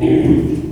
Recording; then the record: squeal of a Yucatan mini pig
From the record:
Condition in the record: before surgery on the right vocal fold (resection and tissue-engineered implant); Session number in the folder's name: 2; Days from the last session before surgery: -15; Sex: female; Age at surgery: 19 weeks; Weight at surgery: 25 kg